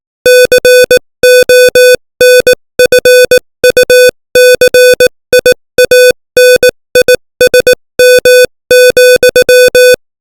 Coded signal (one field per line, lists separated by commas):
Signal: Morse code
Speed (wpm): 18 wpm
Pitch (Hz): 500 Hz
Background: music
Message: CONFUCIANISM,